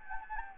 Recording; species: mosquito wingbeat signal from an infrared sensor; Anopheles gambiae